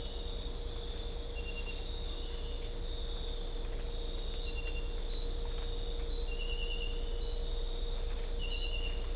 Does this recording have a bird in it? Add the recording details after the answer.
no. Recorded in dense forest near Puerto Asís, Putumayo, Colombia, on 16 December 2024 at 05:30. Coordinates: 0.500, -76.322. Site G053